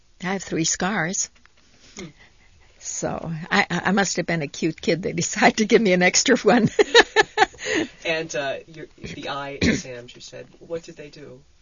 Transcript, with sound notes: I have three scars. So I must have been a cute kid, they decided to give me an extra one. ( she laughs )
And the eye exams, you said, what did they do?